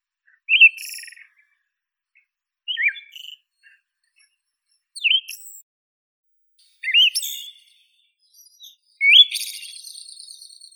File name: Zoothera sibirica song